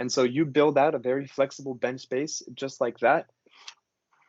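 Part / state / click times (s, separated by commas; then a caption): deck module into the adjacent module on a pipetting robot bench / seated / 3.7 s. A plastic lab automation "domino" deck plate module is slid next to an adjacent module on a pipetting robot bench. Someone talks through most of the clip, then the module snaps into place magnetically with a sharp click at 3.7 seconds, followed by a faint tick near 4.1 seconds. The module is seated.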